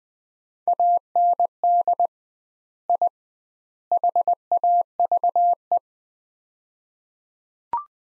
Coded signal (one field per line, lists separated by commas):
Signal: Morse code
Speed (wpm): 21 wpm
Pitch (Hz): 700 Hz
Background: none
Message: AND I HAVE